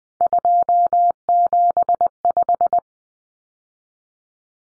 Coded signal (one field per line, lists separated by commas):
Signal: Morse code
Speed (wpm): 20 wpm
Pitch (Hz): 700 Hz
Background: none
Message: 275